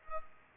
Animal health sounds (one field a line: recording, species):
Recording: mosquito wingbeat signal from an infrared sensor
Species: Culex pipiens